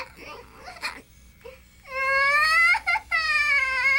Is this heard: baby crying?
yes